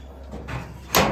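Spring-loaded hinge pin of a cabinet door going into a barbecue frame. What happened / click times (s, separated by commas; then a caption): The spring-loaded hinge pin snapped into the frame / 0.9 s. The spring-loaded top hinge pin of a cabinet door on a Coleman Revolution 2 Burner barbecue is pushed down into the barbecue frame. Soft handling scrapes lead into a sharp click at about 1.0 seconds as the spring pin clicks into place and the hinge seats.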